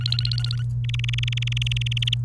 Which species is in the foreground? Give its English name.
Domestic Canary